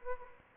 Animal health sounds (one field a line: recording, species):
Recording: mosquito wingbeat signal from an infrared sensor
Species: Aedes albopictus